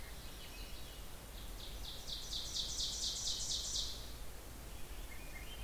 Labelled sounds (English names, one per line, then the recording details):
Ovenbird song
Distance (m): 55 m
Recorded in boreal forest in Alberta, Canada, on 16 June 2016 at 05:33
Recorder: SongMeter 3, array SBT-3-32
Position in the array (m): 127 m, 25 m
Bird 36